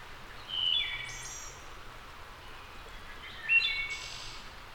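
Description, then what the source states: Wood thrush singing two flutelike phrases a few seconds apart, each closing with a thin, high, shimmering trill, with faint background hiss. Returning wood thrush.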